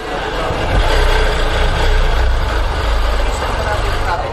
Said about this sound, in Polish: To jest maszyna, która się nazywa Long Arm, czyli długie ramię. Na niej rozpinamy patchwork do wypikowania i pikujemy cały patchwork.